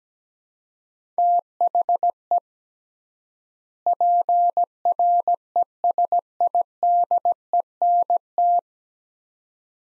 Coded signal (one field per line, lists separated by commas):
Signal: Morse code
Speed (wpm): 17 wpm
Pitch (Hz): 700 Hz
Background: none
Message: THE PRESIDENT